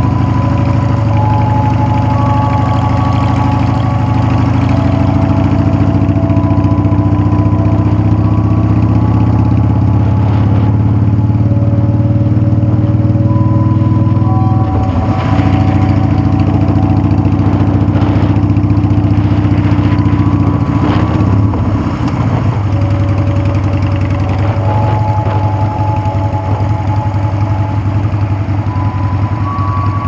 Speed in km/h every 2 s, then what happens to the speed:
16, 18, 16, 21, 26, 31, 27, 29, 29, 31, 24, 18, 15, 8, 2.
0-9 speeds up to 31. 9-18 steady at about 29. 18-30 slows to 2.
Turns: none.